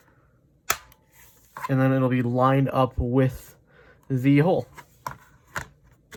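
A plastic hopper attachment is slid along the rail of a Ferventoys USP45 gel blaster pistol until it stops and clicks into place with a sharp, loud snap at 0.7 s, seating it on the rail. Someone talks, and a few quieter clicks and taps follow near the end.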